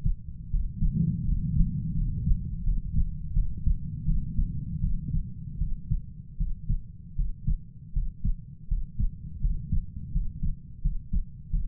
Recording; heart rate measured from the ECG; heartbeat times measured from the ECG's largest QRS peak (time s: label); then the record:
heart sounds by stethoscope; 82 bpm
0.51 s: heartbeat
1.25 s: heartbeat
1.95 s: heartbeat
2.64 s: heartbeat
3.34 s: heartbeat
4.05 s: heartbeat
4.81 s: heartbeat
5.59 s: heartbeat
6.37 s: heartbeat
7.16 s: heartbeat
7.93 s: heartbeat
8.68 s: heartbeat
9.41 s: heartbeat
10.12 s: heartbeat
10.82 s: heartbeat
11.50 s: heartbeat
From the record:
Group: healthy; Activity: rest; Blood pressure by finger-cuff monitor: 110/72 mmHg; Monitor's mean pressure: 86 mmHg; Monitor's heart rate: 80 bpm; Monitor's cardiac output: 7.1 L/min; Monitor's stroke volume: 89 mL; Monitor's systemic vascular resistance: 910 dyn s/cm5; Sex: male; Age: 33 years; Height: 179 cm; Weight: 80.4 kg